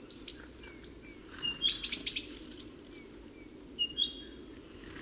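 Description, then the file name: Great tit calls: sharp high chirps and a short run of clicky buzzy notes, then thin drawn-out whistles, over a low steady hiss. "Parus major"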